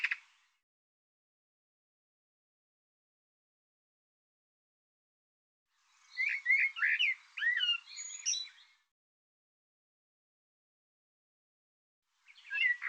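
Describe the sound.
Bird song, one rapid jumble of slurred whistles and buzzy notes lasting about three seconds, with brief fragments at the start and end.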